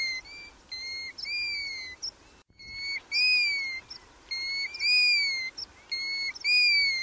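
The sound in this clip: Bird calls, clear whistled notes with a rich ringing tone, given in short groups repeated at intervals, with a brief break near the middle.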